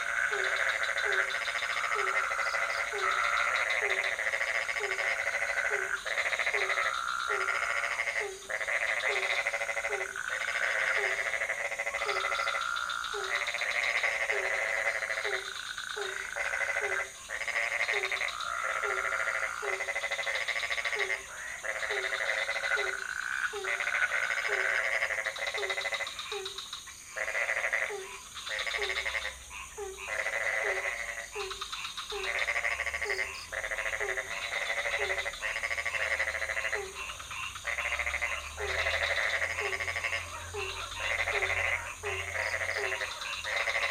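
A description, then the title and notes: Several kinds of frogs call from a pond without pause, one voice giving a fast, regular run of low croaks while others add brighter, denser chirping over it. A low engine rumble, likely a passing motorbike, comes in faintly from about thirty seconds. Frogs in the pond, Ubud, Bali, Indonesia. Recorded in the night in Ubud. Sony PCM D50, Rode NT4, Rode boompole. Several species of frogs in the pond near the hotel. Some motorbikes passing.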